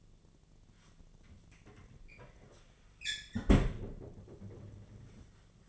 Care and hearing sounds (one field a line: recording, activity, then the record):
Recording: daily activity, microphone in the room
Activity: close fridge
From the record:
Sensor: 4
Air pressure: 1010.6 hPa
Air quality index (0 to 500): 176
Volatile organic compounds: 5 ppm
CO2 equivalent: 1784 ppm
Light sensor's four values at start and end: 28/84/33/34 and 35/101/40/40